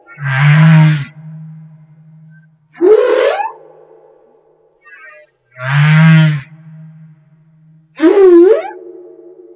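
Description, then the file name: Humpback whale song alternating deep buzzy moans with rising, whooping upsweeps, the pair given twice. Recorded off Madagascar. "Humpback Whale - Madagascar Whale One"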